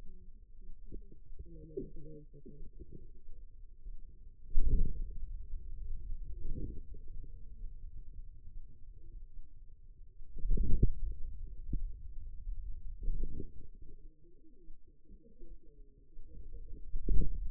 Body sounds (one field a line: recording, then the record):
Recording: forearm muscle sounds (acoustic myography)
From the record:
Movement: hand closing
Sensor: system 2, bracelet of six BSWA MPA416 microphones around the upper forearm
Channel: 3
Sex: female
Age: 25 years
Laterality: right